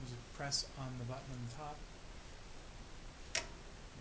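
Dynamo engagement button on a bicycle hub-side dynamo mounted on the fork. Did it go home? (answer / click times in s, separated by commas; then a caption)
yes / 3.4 s. A button on top of a fork-mounted AXA bicycle dynamo is pressed to engage it, and the dynamo snaps into its engaged position against the wheel rim, where its rubber wheel runs. Someone talks for the first couple of seconds, then a single sharp click sounds at 3.4 s as the button clicks into place and the dynamo is seated.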